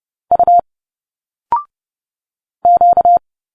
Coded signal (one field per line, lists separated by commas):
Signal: Morse code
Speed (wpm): 30 wpm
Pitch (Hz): 700 Hz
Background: none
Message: U Q